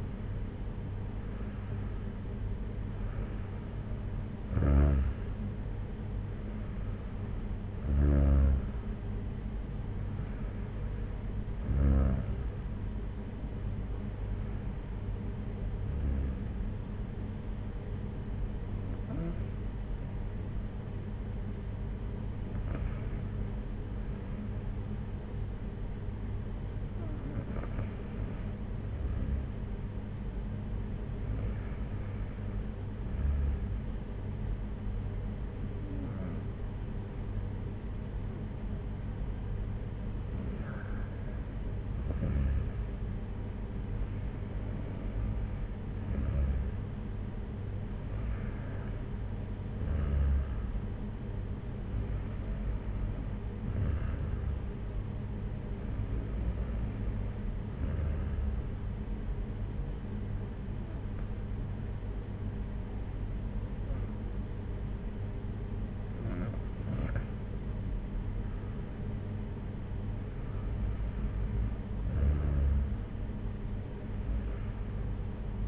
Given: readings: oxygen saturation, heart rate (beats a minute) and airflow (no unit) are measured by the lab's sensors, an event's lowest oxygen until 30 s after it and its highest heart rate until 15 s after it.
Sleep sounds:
breathing in sleep by a smartphone at the bedside; 1
5.00-75.67 s: new sleep stage, REM sleep
14.00-32.50 s: hypopnea (REM, oxygen 96% highest, then 93% lowest, heart rate 61 at the start, 63 highest)
From the record:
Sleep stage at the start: N2 (light sleep); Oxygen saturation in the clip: 90 to 96%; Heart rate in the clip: 54 to 64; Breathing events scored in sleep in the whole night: 226 in 8.8 hours asleep

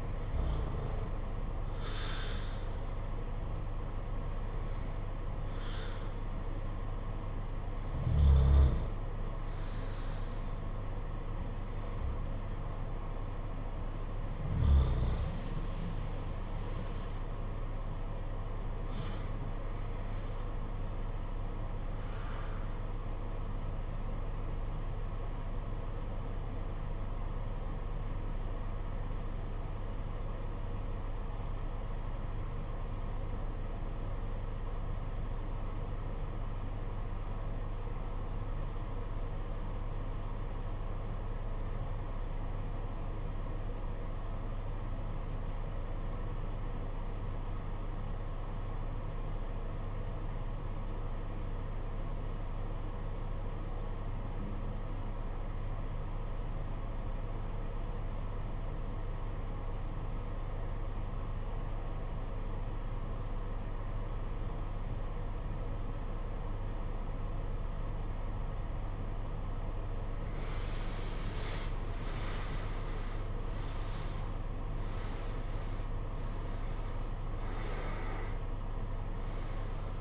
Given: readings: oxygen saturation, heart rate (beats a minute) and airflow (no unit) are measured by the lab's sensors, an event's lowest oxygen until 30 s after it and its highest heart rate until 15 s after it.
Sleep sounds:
breathing in sleep by a smartphone at the bedside; 1
26.00-72.20 s: obstructive apnea (REM, oxygen 96% highest, then 71% lowest, heart rate 59 at the start, 90 highest)
From the record:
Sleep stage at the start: REM sleep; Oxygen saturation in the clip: 74 to 96%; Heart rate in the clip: 56 to 90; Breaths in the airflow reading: 10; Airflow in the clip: -15.9 to 14.4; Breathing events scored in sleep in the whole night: 476 in 9.7 hours asleep

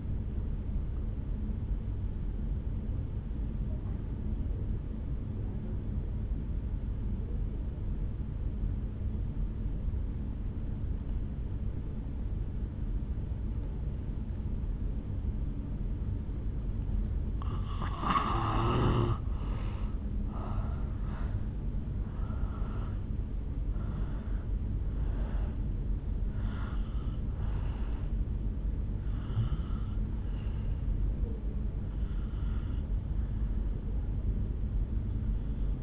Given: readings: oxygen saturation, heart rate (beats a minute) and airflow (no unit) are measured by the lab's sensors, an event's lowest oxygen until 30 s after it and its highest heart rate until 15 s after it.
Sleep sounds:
breathing in sleep by a smartphone at the bedside; 1
4.00-18.60 s: obstructive apnea (N2, oxygen 95% highest, then 83% lowest, heart rate 57 at the start, 74 highest)
7.00-35.83 s: new sleep stage, N1 (lightest sleep)
From the record:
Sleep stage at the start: N2 (light sleep); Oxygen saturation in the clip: 86 to 95%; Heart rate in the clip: 56 to 74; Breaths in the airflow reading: 6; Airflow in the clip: -8.3 to 6.4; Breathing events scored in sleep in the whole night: 449 in 7.0 hours asleep

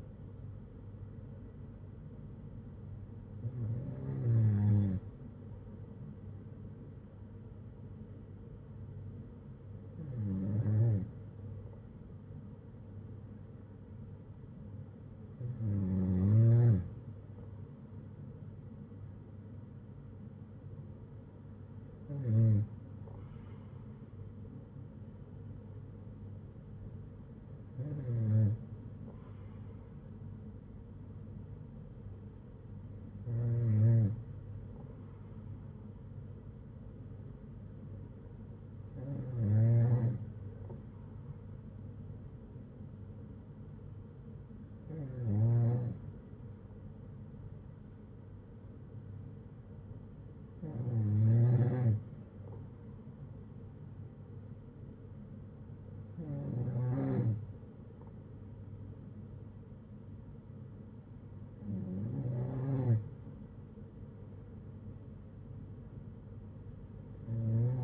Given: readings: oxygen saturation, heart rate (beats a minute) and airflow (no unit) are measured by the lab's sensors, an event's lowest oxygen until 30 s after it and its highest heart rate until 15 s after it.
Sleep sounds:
breathing in sleep by a smartphone at the bedside; none
none scored
From the record:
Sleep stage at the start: N2 (light sleep); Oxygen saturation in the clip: 93 to 95%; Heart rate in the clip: 57 to 62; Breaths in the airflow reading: 12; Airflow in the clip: -7.8 to 4.6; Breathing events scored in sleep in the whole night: 182 in 7.4 hours asleep

